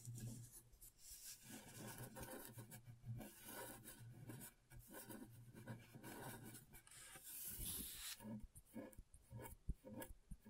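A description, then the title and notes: A blade scrapes across scratchboard in short, rasping strokes that come in quick, uneven bursts. A low steady hum sits underneath throughout. Around the eight-second mark a brighter, hissier stroke stands out before the scratching turns choppier and more broken. ASMR Brain Tingling Scratchboard (No Talking).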